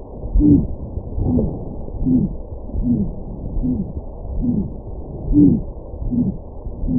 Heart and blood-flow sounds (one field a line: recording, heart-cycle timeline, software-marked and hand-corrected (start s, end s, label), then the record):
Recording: heart sounds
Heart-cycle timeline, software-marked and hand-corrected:
0.00	0.06	S2
0.06	0.46	diastole
0.46	0.64	S1
0.64	0.82	systole
0.82	0.88	S2
0.88	1.18	diastole
1.18	1.30	S1
1.30	1.46	systole
1.46	1.60	S2
1.60	2.06	diastole
2.06	2.22	S1
2.22	2.42	systole
2.42	2.50	S2
2.50	2.86	diastole
2.86	3.00	S1
3.00	3.18	systole
3.18	3.26	S2
3.26	3.66	diastole
3.66	3.80	S1
3.80	3.96	systole
3.96	4.04	S2
4.04	4.44	diastole
4.44	4.58	S1
4.58	4.76	systole
4.76	4.88	S2
4.88	5.36	diastole
5.36	5.52	S1
5.52	5.72	systole
5.72	5.80	S2
5.80	6.14	diastole
6.14	6.26	S1
6.26	6.40	systole
6.40	6.48	S2
6.48	6.90	diastole
6.90	6.99	S1
From the record:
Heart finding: aortic stenosis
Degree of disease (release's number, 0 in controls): 2 to 3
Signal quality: good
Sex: male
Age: 90 years or older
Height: 1.65 m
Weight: 90 kg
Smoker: yes